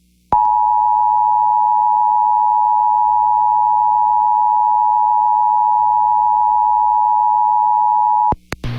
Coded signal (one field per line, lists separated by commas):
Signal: Emergency Alert System (SAME) tones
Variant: 853 and 960 Hz attention tone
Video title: PDS Tornado Warning (Montgomery and Page Counties, IA) (4/17/25) [EAS #135]